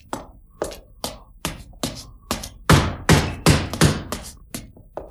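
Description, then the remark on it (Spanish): Heavy knocking on a wooden door of a house, the blows resounding through the house with wood splintering: about a dozen hard, hollow thuds in an uneven, insistent rhythm, growing louder and faster in the middle before easing off again. “Por toda la casa resonaron pesados golpes y el astillarse de maderas.”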